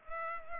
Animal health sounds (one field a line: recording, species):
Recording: mosquito wingbeat signal from an infrared sensor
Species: Culex pipiens